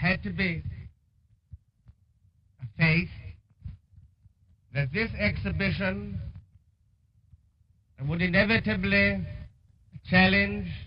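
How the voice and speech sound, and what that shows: A man delivers his first formal public speech at Wembley, in front of his father, in short bursts of a few words broken by long silent gaps of one to two seconds, with drawn-out sounds at phrase ends. These blocked pauses mark a pronounced, markedly stammered delivery. Faint hiss runs underneath.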